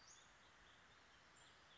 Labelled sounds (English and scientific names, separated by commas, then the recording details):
Western Flycatcher (Empidonax difficilis)
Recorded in Sonoma County, California